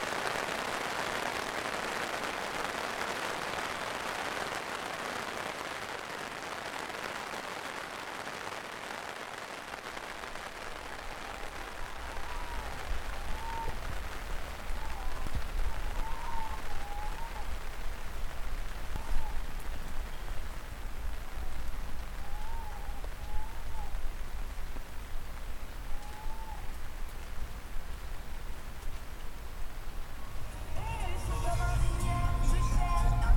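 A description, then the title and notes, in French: Ambient sounds recorded on a trip to Wales: a steady, dense patter like rain runs throughout, joined by a low rumble from about ten seconds. Short chirping calls come and go midway, and near thirty-one seconds it cuts to a louder, rougher scene. Un montage de sons d'ambiance pris au cours d'un voyage au Pays de Galles au mois de juillet.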